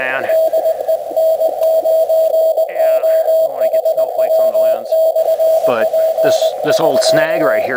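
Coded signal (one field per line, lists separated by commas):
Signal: Morse code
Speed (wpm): 20 wpm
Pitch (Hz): 660 Hz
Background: speech, radio noise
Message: DE N9OHW/P <SK>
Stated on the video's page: QRP portable CW on a snowy mountain with an FT-817 at 5 watts and a Buddistick antenna, working stations on both coasts.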